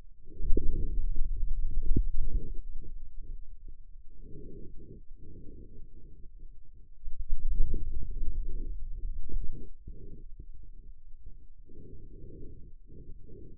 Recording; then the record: forearm muscle sounds (acoustic myography)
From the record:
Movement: hand closing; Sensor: system 2, bracelet of six BSWA MPA416 microphones around the upper forearm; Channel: 5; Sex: male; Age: 22 years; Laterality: right